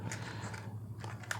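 A plastic propeller guard is fitted around the arm of a DJI Mini SE drone and its clip is pressed closed. Soft handling clicks and rustles lead up to a sharp snap at 1.3 seconds, as the clip seats and the guard is in place.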